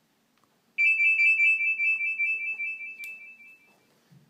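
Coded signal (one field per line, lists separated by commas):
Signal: none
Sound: phone ringtone beeps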